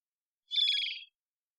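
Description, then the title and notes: Varied thrush giving a single short, buzzy, slightly wavering note about half a second long, with bright overtones and no other sounds. Odd song like warming-up practice, perhaps a juvenile or immature bird; Pacific Northwest, Washington, United States; parabolic single-species recording, processed for clarity. "BIRDSong Thrushes And Allies - Varied Thrush - Immature. Varied Thrush, Ixoreus naevius, song, odd, like warming-up practice, perhaps juvenile. Recorded in the beautiful Pacific Northwest, Washington, United States"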